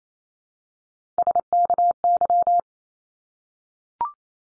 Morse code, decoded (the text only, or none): SKY